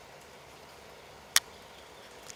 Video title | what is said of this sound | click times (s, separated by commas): Husky Knife and Sharepener Combo Sold By Home Depot | you hear that snap | 1.4 s